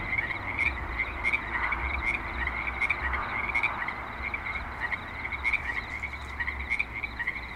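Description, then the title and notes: Frogs calling in a dense chorus, many overlapping croaks near one pitch with short repeated notes, over a low rumble. Several frogs at a creek in Spanish Springs, Nevada, with light traffic and other suburban sounds. "Frogs in Spanish Springs, NV - creek view. Frogs with light traffic and other suburban sounds"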